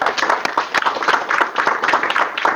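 An audience applauds steadily, many hands clapping in a dense, crackling wash with sharper individual claps popping through, sustained at an even, fairly loud level throughout.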